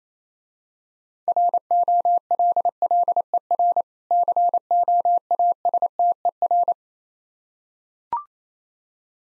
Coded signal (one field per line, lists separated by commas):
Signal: Morse code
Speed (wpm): 28 wpm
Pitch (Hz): 700 Hz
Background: none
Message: ROLLER COASTER